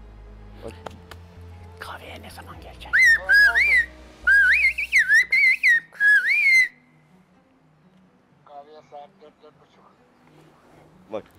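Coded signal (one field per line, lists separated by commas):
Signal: whistled language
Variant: Kuş dili (Turkish)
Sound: loud gliding whistled phrases around 2 kHz in three bursts, then faint reply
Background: low hum, room noise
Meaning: Asks when the listener will come to the coffeehouse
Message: kahveye ne zaman gelecek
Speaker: kahveye ne zaman gelecek Kahveye saat 44. bak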